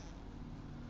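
A plastic zip tie fastening a decoration to a pine wreath frame is handled and pulled toward closing, with a steady low rumble and broadband noise throughout the 0.9 seconds and no distinct sharp transients. The zip tie has not ratcheted closed yet; nothing has seated or clicked.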